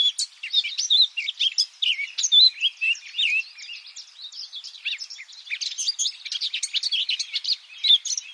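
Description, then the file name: Eurasian blackcap song: a lively stream of quick, slurred whistles and chattering notes, rising and falling in pitch without a clear repeated pattern. "Sylvia atricapilla"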